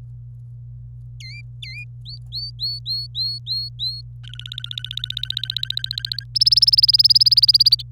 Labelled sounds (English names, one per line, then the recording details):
Domestic Canary song
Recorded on 25 April 2018 at 16:15
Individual llb3